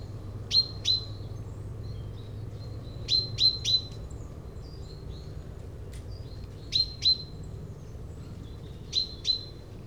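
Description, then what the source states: Common Chaffinch calling, loud clipped notes in pairs and a triplet, repeated every few seconds over a soft background hum. Recorded with a Dodotronic stereo parabolic microphone and Zoom H4n Pro, aimed at a chaffinch on a hedgerow island among tall maize fields in Yenne, France.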